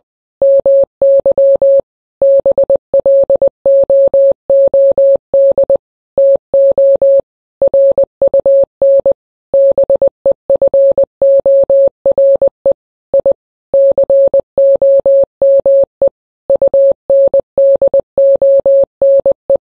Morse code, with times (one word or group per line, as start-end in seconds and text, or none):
0.4-1.8 MY
2.2-5.8 BLOOD
6.2-7.2 TO
7.6-9.1 RUN
9.5-12.7 BEFORE
13.1-13.3 I
13.7-16.1 COME
16.5-19.6 UNDONE